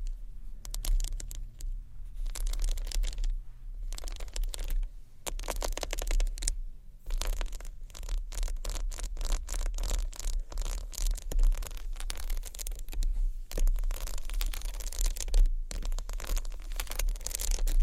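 Small bottles rustle and scrape against a textured bag in a dense, continuous stream of crinkly clicks and taps. The sound is bright and crackly, with brief pauses near 2, 7, 13 and 15.5 seconds. A low steady hum sits underneath, and a faint tone appears early on.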